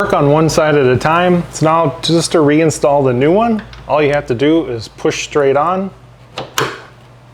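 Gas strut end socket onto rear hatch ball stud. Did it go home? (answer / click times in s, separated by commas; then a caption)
yes / 6.6 s. Someone talks while a new gas strut's end socket is pushed straight onto the metal ball stud of a 2005-2015 Nissan Xterra rear hatch during a strut replacement on the passenger side. A faint tick at 6.4 s is followed by a sharp snap at 6.6 s as the socket seats on the stud.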